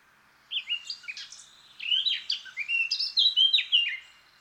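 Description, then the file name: Eurasian blackcap song: a warble that swells into a louder run of sliding whistled notes, finishing with fluty descending phrases. "Sylvia atricapilla"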